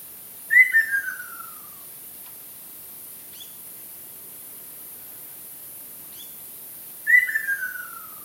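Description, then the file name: Ruddy kingfisher call: two loud descending whistled trills sliding from high to low, several seconds apart, with faint short high notes between. "akashobin"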